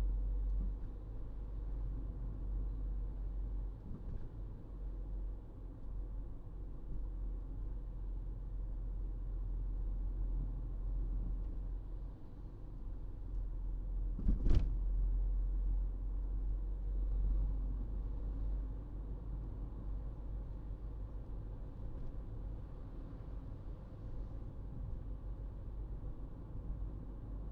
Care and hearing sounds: everyday scene through a hearing-aid microphone; in a vehicle; engine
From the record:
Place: Berlingo II, diesel engine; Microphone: in the ear canal, right

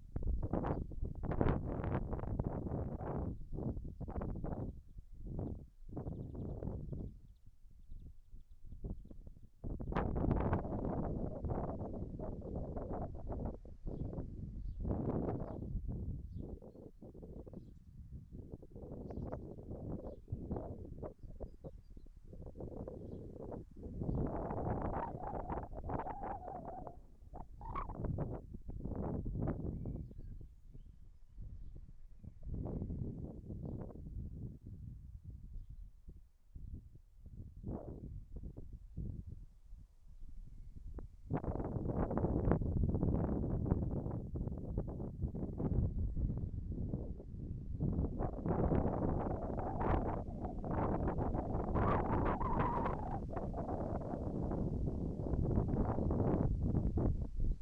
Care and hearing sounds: everyday scene through a hearing-aid microphone; wind on the microphone; wind, whistling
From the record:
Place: in front of a rural house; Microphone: behind the ear, left, rear

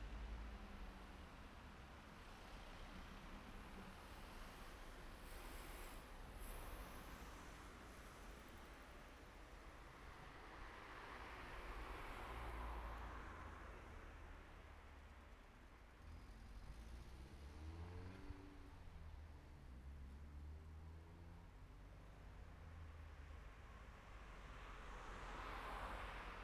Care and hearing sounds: everyday scene through a hearing-aid microphone; in traffic; traffic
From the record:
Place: city secondary road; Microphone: behind the ear, right, rear

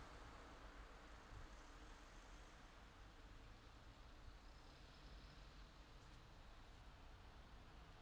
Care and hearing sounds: everyday scene through a hearing-aid microphone; in traffic; traffic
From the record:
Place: city secondary road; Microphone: in the ear canal, left

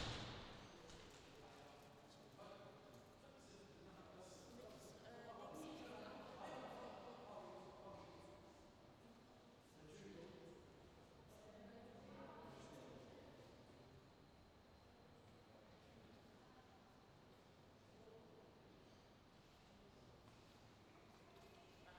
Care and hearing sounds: everyday scene through a hearing-aid microphone; reverberant space; background noise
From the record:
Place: railway station hall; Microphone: in the ear canal, left

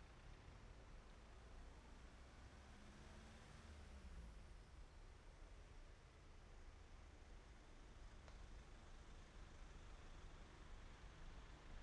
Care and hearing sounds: everyday scene through a hearing-aid microphone; in traffic; traffic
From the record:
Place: main road on the outskirts, rush hour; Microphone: behind the ear, right, front

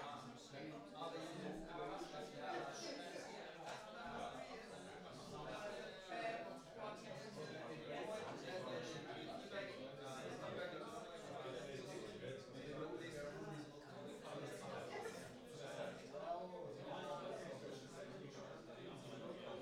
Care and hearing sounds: everyday scene through a hearing-aid microphone; many people talking; many voices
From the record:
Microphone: in the ear canal, right

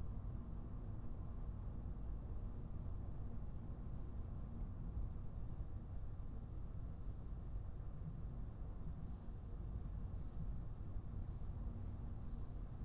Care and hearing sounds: everyday scene through a hearing-aid microphone; in a vehicle; engine, highway driving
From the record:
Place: Skoda Fabia, gasoline engine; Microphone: behind the ear, right, front

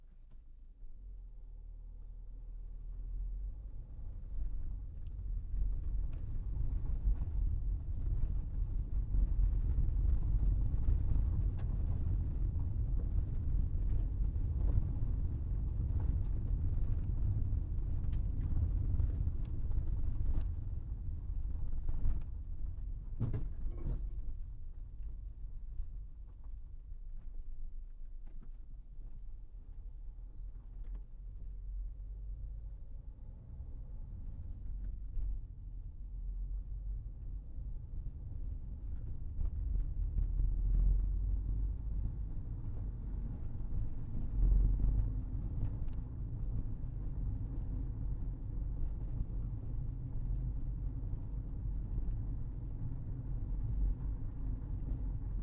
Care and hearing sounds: everyday scene through a hearing-aid microphone; in a vehicle; engine, rumble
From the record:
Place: Berlingo II, diesel engine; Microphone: behind the ear, right, rear

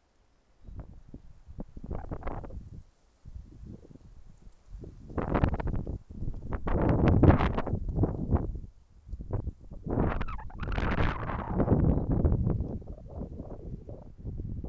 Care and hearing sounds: everyday scene through a hearing-aid microphone; wind on the microphone; wind, traffic, birds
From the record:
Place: suburban garden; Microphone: behind the ear, left, front

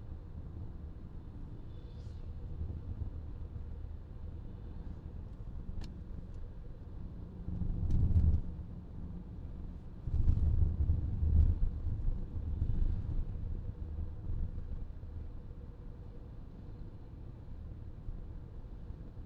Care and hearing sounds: everyday scene through a hearing-aid microphone; in a vehicle; engine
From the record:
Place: VW T5 Caravelle, diesel engine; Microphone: in the ear canal, left

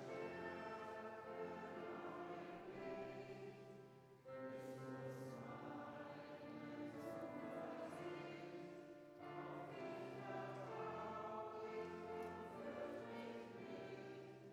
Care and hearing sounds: everyday scene through a hearing-aid microphone; reverberant space; music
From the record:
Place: church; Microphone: behind the ear, right, front

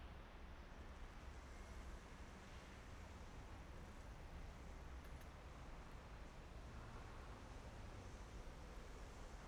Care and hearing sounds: everyday scene through a hearing-aid microphone; in traffic; traffic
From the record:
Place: main city hub, rush hour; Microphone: behind the ear, right, front

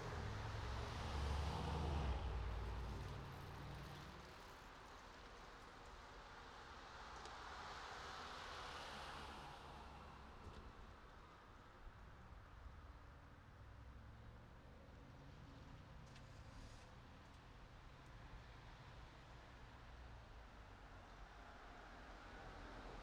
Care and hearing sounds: everyday scene through a hearing-aid microphone; in traffic; traffic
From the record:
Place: city secondary road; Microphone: in the ear canal, right

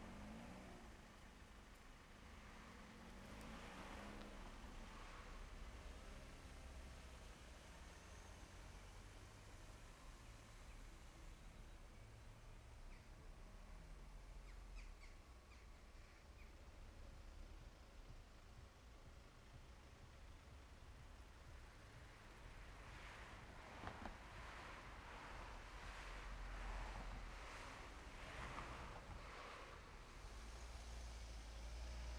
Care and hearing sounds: everyday scene through a hearing-aid microphone; in traffic; traffic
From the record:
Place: main road on the outskirts, rush hour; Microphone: behind the ear, left, front

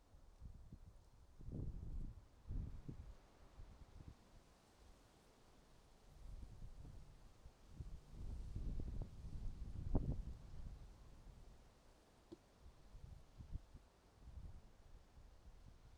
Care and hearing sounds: everyday scene through a hearing-aid microphone; wind on the microphone; wind, traffic, birds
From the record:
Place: suburban garden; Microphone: in the ear canal, right

